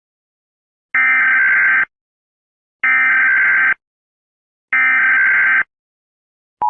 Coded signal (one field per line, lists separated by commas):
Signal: Emergency Alert System (SAME) tones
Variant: header bursts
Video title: Bangladesh hazard alert EAS Scenario